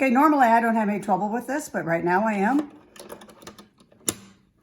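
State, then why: Seated. Someone talks while fumbling to press a cleaned removable part back into the plastic housing of a Fresh Air Cube air purifier, with a few light clicks and rattles between 3.0 and 3.6 seconds. A single sharp, loud click at 4.1 seconds marks the part seating home.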